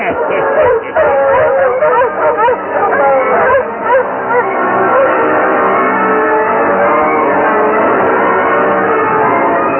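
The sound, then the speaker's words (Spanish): Several dogs howl and bark together in a dense, continuous chorus, with rising and falling wails layered over sharper barks, loud and sustained throughout; they have scented an approaching intruder during a thunderstorm. “Conozco bien a mis perros. Sé que han olfateado a un intruso que se acerca hacia aquí.”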